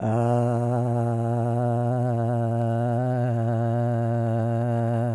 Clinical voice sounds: sustained vowel /a/; male; 60 to 69 years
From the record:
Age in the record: 65 years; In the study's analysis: excluded

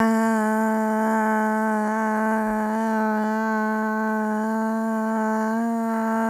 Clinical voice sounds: sustained vowel /a/; female; 20 to 29 years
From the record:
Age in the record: 26 years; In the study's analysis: excluded

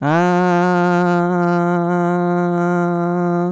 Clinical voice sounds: sustained vowel /a/; female; 60 to 69 years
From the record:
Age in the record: 65 years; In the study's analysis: included

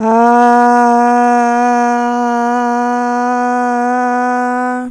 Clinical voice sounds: sustained vowel /a/; female; 18 to 19 years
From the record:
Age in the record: 19 years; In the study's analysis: included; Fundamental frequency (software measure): 244 Hz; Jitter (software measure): 0.45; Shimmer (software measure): 1.14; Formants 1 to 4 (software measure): 788 Hz, 1474 Hz, 2761 Hz, 3717 Hz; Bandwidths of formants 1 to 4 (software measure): 105 Hz, 270 Hz, 312 Hz, 360 Hz

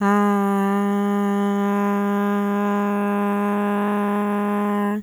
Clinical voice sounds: sustained vowel /a/; female; 20 to 29 years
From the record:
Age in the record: 20 years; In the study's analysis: included

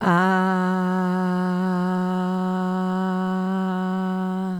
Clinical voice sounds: sustained vowel /a/; female; 40 to 49 years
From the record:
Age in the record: 45 years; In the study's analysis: included

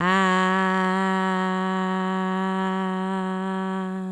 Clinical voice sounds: sustained vowel /a/; female; 20 to 29 years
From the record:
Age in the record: 25 years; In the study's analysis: included

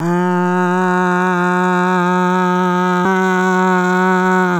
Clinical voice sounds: sustained vowel /a/; female; 60 to 69 years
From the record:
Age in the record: 66 years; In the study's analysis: included

